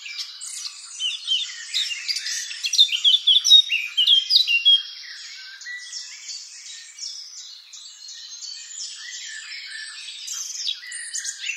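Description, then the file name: Eurasian blackcap warbling song, a rapid jumble of high chirps and slurred notes, loudest in the first half, then softer chatter, rising slightly again at the end. "Sylvia atricapilla"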